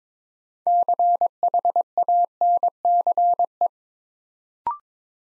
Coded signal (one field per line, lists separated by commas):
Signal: Morse code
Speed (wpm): 22 wpm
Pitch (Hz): 700 Hz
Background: none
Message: CHANCE